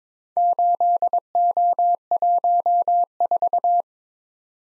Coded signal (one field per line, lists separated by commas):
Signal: Morse code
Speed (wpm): 22 wpm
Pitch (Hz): 700 Hz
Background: none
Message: 8O14